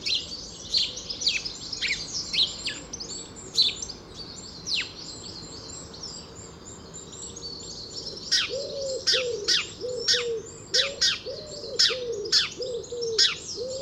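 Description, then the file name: House sparrow chirps amid dense high twittering, with a series of low cooing notes repeated in the second half. "Passer domesticus"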